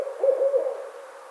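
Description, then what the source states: Barred owl giving a short burst of low, slightly wavering hooting notes that fade away. Recorded 25 May 2009.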